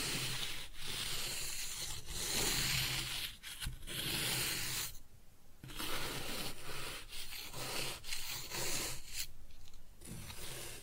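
Kinetic sand is cut and scooped in a run of dense, gritty scraping strokes, each lasting a second or so, with brief quiet gaps, the longest near five seconds and another around nine. The texture is crumbly and hissing, like rubbing or sanding.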